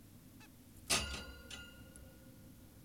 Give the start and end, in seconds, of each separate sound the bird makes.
0.41-0.47